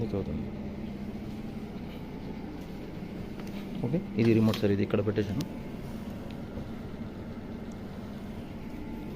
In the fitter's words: wheels lock okay కిందికంటే lock అయిపోయింది పైకంటే unlock